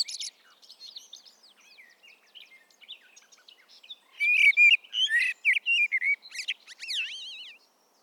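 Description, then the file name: Common blackbird giving a varied run of high, squeaky twitters and chirps, growing louder midway into sharp slurred notes and a final wavering whistled trill. "Turdus merula"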